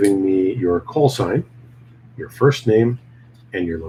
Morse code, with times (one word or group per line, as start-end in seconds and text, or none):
none